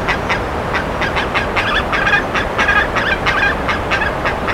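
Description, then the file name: Bird giving a steady run of short, harsh, buzzy notes over a constant hiss of background noise. "SABIOD 50 bird 2015"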